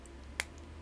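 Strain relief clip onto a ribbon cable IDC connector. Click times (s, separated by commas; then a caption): 0.4 s. A plastic strain relief piece with narrow ears is pressed down over a folded ribbon cable onto an IDC connector, the strain relief that keeps the ribbon from pulling loose under tension. A single sharp, bright click at 0.4 s stands out over a steady low hum. The strain relief clicks in and is seated.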